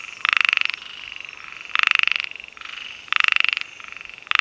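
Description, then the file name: Heymons' narrow-mouthed frog calling: loud, raspy pulsed notes about half a second long, repeated roughly every one and a half seconds, with fainter similar calls between them. "Microhyla heymonsi"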